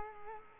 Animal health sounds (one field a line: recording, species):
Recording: mosquito wingbeat signal from an infrared sensor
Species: Culex quinquefasciatus